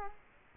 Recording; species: mosquito wingbeat signal from an infrared sensor; Culex quinquefasciatus